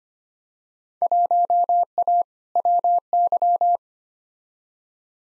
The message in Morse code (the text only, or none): 1A WY